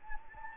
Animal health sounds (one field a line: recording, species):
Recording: mosquito wingbeat signal from an infrared sensor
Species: Anopheles gambiae